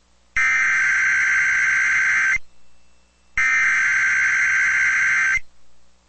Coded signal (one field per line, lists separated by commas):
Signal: Emergency Alert System (SAME) tones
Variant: header bursts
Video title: EAS Severe Thunderstorm Watch #12 Ark-La-Tex Region Including Texarkana NOAA Weather Radio